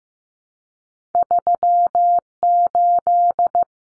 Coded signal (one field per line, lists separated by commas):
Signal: Morse code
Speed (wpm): 15 wpm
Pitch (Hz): 700 Hz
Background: none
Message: 38